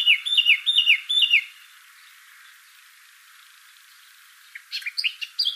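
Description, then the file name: Eurasian blackcap: a brief run of quick, repeated falling notes, a pause with soft hiss, then a few scattered higher chirps at the end. "Sylvia atricapilla"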